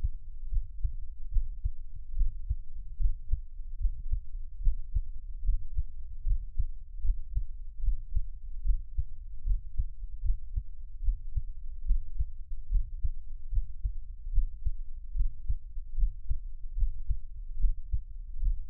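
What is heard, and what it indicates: Soft, regular low thumps repeat at about 73 beats a minute over a steady low hum, with no speech. An adult's own heartbeat heard closely as Taiwanese ASMR, with a steady rhythm throughout and no talking.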